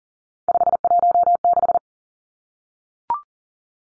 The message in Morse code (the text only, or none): 516